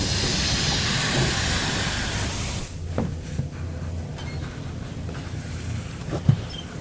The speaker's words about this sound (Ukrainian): Паровоз зупиняється.